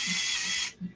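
A cross-threaded machine screw in the threaded hole of an ARRMA Kraton 6S RC truck's center drive chassis is backed out with a driver. A steady, bright grinding, ratchet-like rasp runs for about 0.7 s, then drops away to quiet with a brief low thump near 0.85 s. Nothing has seated or clicked yet.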